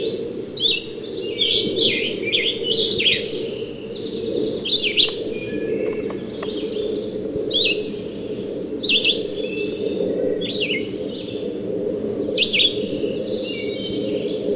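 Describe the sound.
Red-eyed vireo singing many short, slurred, whistled phrases with brief pauses, over a constant low hum.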